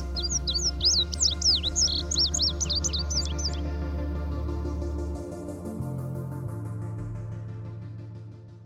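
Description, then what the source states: Indigo Bunting song: a high, quick series of paired sliding notes for about three and a half seconds, laid over a low steady musical drone that continues after the bird stops. Indigo Buntings navigate during night migration by the stars, especially the North Star, as shown in 1960s–70s planetarium experiments in Flint, Michigan.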